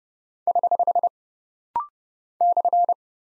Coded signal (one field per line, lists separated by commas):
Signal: Morse code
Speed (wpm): 30 wpm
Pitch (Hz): 700 Hz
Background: none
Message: <HH> /